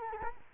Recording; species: mosquito wingbeat signal from an infrared sensor; Culex quinquefasciatus